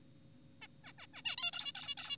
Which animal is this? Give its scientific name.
Taeniopygia guttata